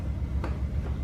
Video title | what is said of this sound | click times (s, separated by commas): 2005-2011 Cadillac STS - Headlight Spray Washer Replacement | windshield washer fluid and that you just push on until it clicks | 0.4 s